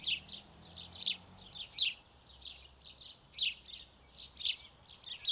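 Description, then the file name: House sparrow chirping: a steady stream of short, bright chirps, with faint low background hum. "Passer domesticus"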